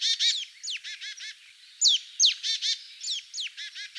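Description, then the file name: Marsh tit giving sharp downward-slurred notes mixed with rapid buzzy chatter, repeated several times throughout. "Poecile palustris"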